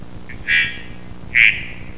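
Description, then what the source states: Three-wattled bellbird song: two loud, ringing, bell-like notes about a second apart, the second stronger and trailing off, over faint low background hum. Adult male, Panamanian dialect; recorded 28 May 1998 at forest edge, 1600 m elevation, Muñeco de Orosi, Cartago Province, on a clear sunny day.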